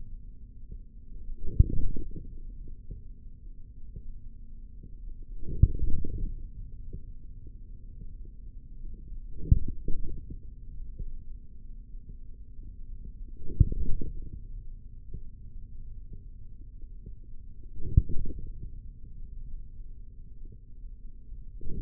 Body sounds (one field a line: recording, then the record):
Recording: forearm muscle sounds (acoustic myography)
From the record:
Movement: forearm pronation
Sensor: system 3, bracelet of six PUI Audio POM-2738L microphones around the upper forearm, with dedicated amplification and filtering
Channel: 5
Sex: male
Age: 43 years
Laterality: right